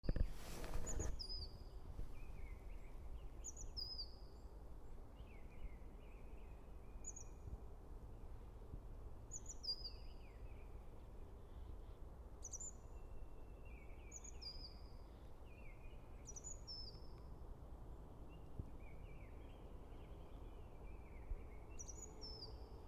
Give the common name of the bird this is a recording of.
Great Tit